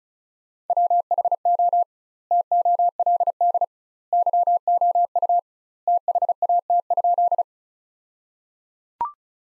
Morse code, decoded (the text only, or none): WHO TOLD YOU THAT?